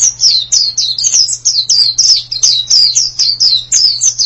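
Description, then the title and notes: White-eye song: a busy stream of thin high descending chirps in rapid clusters, barely pausing, with a faint low hum beneath. "Suara kicauan burung pleci"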